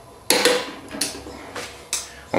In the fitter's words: we heard the click we know it's fully tightened now